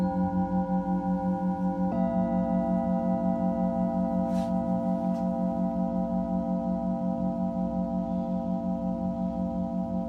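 A singing bowl rings in a steady sustained drone with a slow regular pulsing wobble, a second tone joining near two seconds, faint clicks around four seconds.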